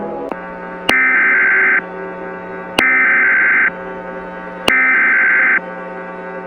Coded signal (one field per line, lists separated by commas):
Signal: Emergency Alert System (SAME) tones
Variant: header bursts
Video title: EAS Scenario 1: The Big Orlando Riot of 2022!